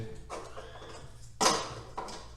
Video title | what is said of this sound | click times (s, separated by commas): 2018 Fiesta ST - Mountune Strut Tower Brace | Oh, there we go. Nice click, it's in position. | 2.0 s